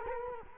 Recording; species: mosquito wingbeat signal from an infrared sensor; Culex quinquefasciatus